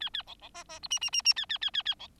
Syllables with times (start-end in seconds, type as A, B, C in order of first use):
0.00-0.09 A, 0.13-0.23 A, 0.27-0.34 B, 0.41-0.49 B, 0.54-0.64 C, 0.69-0.79 C, 0.82-0.88 D, 0.90-0.99 E, 1.01-1.10 E, 1.12-1.22 E, 1.25-1.34 E, 1.36-1.46 A, 1.49-1.58 A, 1.61-1.70 A, 1.73-1.83 A, 1.85-1.95 A, 1.99-2.07 B